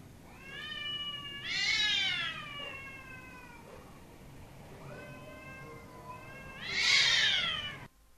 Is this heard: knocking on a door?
no